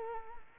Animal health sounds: mosquito wingbeat signal from an infrared sensor; Culex quinquefasciatus

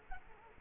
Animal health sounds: mosquito wingbeat signal from an infrared sensor; Culex quinquefasciatus

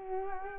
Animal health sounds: mosquito wingbeat signal from an infrared sensor; Culex quinquefasciatus

